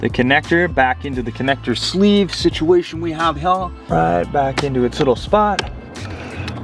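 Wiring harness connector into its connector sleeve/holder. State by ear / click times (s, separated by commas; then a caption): seated / 6.5 s. In a BMW F8x during a BimmerTech remote start retrofit, a wiring harness connector is slid back into its plastic connector sleeve while someone talks. A sharp click at 6.5 s marks the connector seating firmly in its sleeve, solid and secure.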